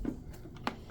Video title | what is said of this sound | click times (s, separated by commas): APC Back-UPS BE550G Battery Replacement (RBC17) – Stop the Beeping | Push it till it clicks. | 0.7 s